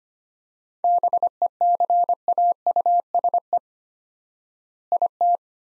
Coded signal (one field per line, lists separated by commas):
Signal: Morse code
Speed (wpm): 25 wpm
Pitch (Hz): 700 Hz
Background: none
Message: BECAUSE IT